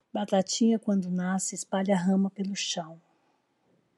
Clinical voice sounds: short text; Brazilian Portuguese; female; 60 to 69 years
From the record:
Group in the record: control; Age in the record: 64 years

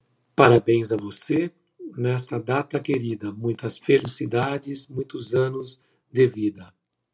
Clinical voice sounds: short text; Brazilian Portuguese; male; 50 to 59 years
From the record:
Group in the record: control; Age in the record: 51 years

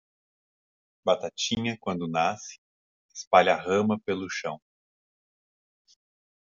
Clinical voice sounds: short text; Brazilian Portuguese; female; 50 to 59 years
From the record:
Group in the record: control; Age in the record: 50 years

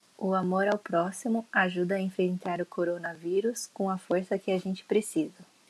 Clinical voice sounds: spoken sentence; Brazilian Portuguese; female; 30 to 39 years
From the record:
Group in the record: control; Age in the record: 33 years

